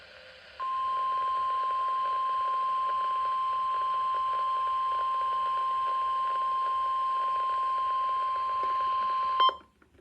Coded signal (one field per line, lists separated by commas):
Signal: Emergency Alert System (SAME) tones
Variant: 1050 Hz attention tone